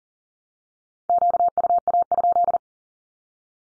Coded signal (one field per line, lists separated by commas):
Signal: Morse code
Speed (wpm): 40 wpm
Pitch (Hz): 700 Hz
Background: none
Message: QUA?